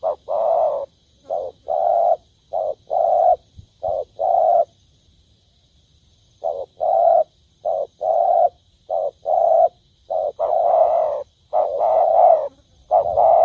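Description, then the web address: Spotted dove coos in a series of low two-part phrases. A quiet gap falls midway, then the rhythmic cooing resumes. "tieng cu dat gay. tieng dong vat"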